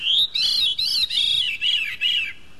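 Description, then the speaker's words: Veery song: a series of fluty, ringing phrases that spiral downward in pitch. Song described as one of the most beautiful bird songs; the bird is not brightly colored. "But the veery has one of the most beautiful bird songs I've ever heard."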